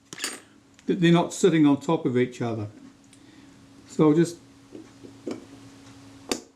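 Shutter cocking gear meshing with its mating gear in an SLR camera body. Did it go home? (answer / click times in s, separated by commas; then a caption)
partly / 6.3 s. While refitting the shutter cocking gear coupling in a Braun Paxette Reflex Automatic 35mm SLR camera body, someone talks, followed by a few faint ticks and small metallic sounds. A sharp metallic click at 6.3 s shows the gear teeth riding on top of the mating gear's teeth instead of meshing properly.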